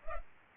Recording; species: mosquito wingbeat signal from an infrared sensor; Culex pipiens